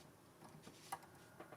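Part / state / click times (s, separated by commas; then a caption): bobbin into sewing machine bobbin holder / not seated / none. A bobbin is handled into the bobbin holder of a Baby Lock Sashiko sewing machine, with its prongs lined up to a small yellow dot as it is pushed toward the catch. Faint rustling and a few small taps are heard, with the sharpest tick near 0.9 s and another at about 1.6 s. Nothing has seated or clicked yet.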